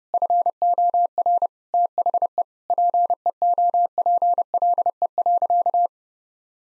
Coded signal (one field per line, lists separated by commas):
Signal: Morse code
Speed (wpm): 30 wpm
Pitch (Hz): 700 Hz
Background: none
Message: FOR THE PEOPLE.